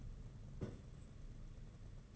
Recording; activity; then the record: daily activity, microphone in the room; place on stove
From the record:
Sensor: 4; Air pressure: 992.9 hPa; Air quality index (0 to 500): 176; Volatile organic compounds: 344 ppm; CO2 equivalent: 4572 ppm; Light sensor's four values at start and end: 4/10/4/4 and 4/10/4/4